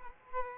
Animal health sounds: mosquito wingbeat signal from an infrared sensor; Culex quinquefasciatus

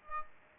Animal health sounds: mosquito wingbeat signal from an infrared sensor; Aedes aegypti

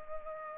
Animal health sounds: mosquito wingbeat signal from an infrared sensor; Culex pipiens

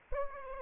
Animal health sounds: mosquito wingbeat signal from an infrared sensor; Aedes aegypti

